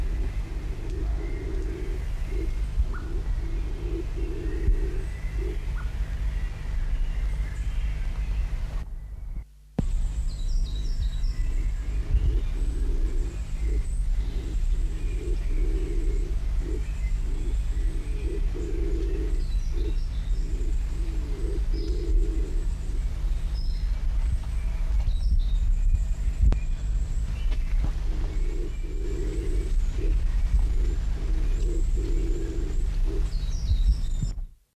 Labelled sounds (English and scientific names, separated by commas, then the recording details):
Trocaz Pigeon (Columba trocaz) call
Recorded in the wild
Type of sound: call
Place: La Gomera, ES
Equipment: Halbspur, 9,5 cm/s
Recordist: Lütgens, Hans
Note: Lorbeerwald bei El Cedro, März 1985